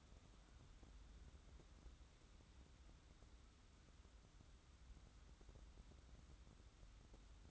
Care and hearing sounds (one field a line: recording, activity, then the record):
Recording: daily activity, microphone in the room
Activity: wipe stove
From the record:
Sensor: 3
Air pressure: 994.5 hPa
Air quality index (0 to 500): 209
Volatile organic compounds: 1000 ppm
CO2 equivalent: 6982 ppm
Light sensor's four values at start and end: 197/474/199/198 and 192/462/194/192